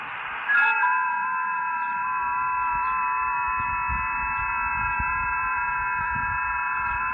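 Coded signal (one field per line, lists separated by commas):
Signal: FT8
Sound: several overlapping thin pure tones, slowly shifting pitch, like soft chimes over static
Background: radio static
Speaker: So here we can see the FT8 signals on 20 meters.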